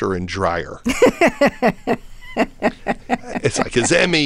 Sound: laughter

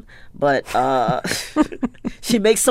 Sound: laughter

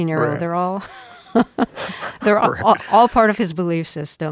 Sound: laughter

